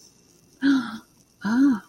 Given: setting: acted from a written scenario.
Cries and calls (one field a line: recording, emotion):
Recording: vocal sound without words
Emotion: interest